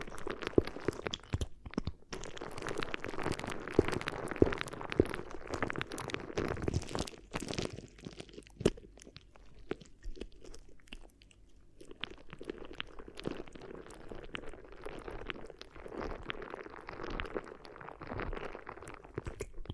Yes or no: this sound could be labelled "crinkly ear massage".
yes